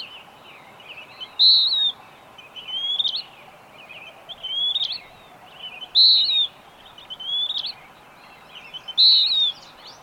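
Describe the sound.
Bird singing loud whistled notes alternating with softer rising phrases, repeated many times against a hissing background.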